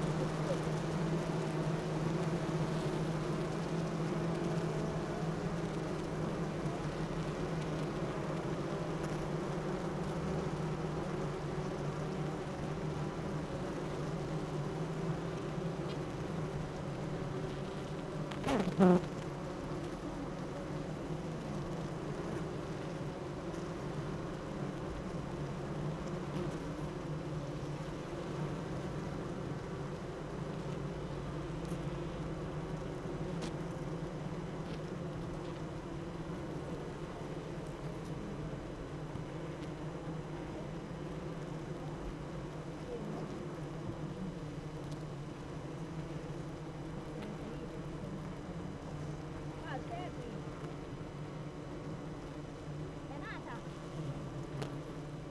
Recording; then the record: honeybee colony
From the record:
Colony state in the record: active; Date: 12 June 2018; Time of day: 7:59